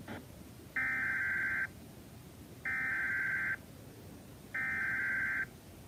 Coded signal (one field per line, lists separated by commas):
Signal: Emergency Alert System (SAME) tones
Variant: header bursts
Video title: EAS FLW (From ILN) 3/5/26 7:47 PM EST (Credit Goes To @SouthernPennsylvaniaWX/@KanawhaCountyWX)